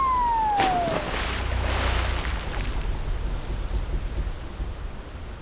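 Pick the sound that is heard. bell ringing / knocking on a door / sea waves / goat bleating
sea waves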